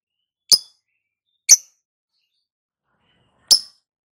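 Lovebird calling: three short, sharp, shrill chirps, the first two a second apart and the third after a two-second gap, with silence in between.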